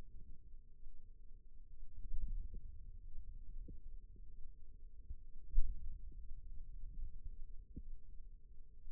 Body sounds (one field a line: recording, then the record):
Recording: forearm muscle sounds (acoustic myography)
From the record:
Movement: inward rotation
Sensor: system 2, bracelet of six BSWA MPA416 microphones around the upper forearm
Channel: 4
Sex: female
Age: 22 years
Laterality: right